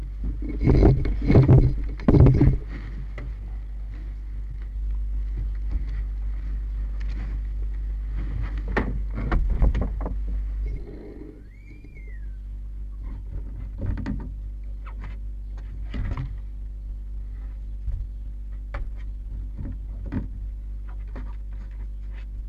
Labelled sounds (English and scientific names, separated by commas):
Red Fox (Vulpes vulpes)